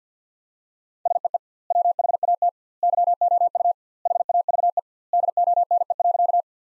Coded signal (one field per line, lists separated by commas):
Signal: Morse code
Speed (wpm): 50 wpm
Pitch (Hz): 700 Hz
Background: none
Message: SEE WHAT YOU HAVE DONE.